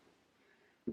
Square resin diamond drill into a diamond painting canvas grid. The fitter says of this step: but if i go all the way around this one now so i've got a click then because